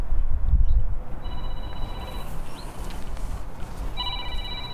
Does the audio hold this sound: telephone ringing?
yes